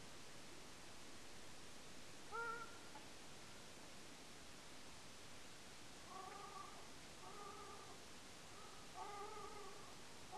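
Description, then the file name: Ruddy shelduck flight calls: a single nasal honk early, then a looser run of several honks in the latter half, over persistent hiss. Nocturnal flight calls recorded at Lingshan, Beijing, on 21 April 2024 at about 02:57. "LINGSHAN. Ruddy Shelduck series"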